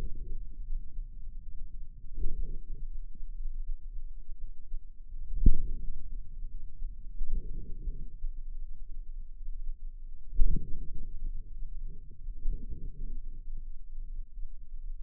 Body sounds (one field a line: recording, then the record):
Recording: forearm muscle sounds (acoustic myography)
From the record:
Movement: wrist extension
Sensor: system 2, bracelet of six BSWA MPA416 microphones around the upper forearm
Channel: 4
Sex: female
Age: 23 years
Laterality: right